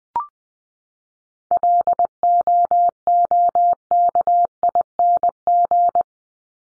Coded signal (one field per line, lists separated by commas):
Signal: Morse code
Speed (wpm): 20 wpm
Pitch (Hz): 700 Hz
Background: none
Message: LOOKING